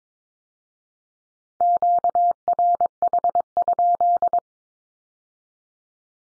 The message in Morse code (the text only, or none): QRH?